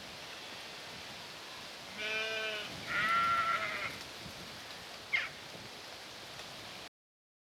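Sheep bleating: two bleats back to back, then a brief sharp click, over a soft hissing background.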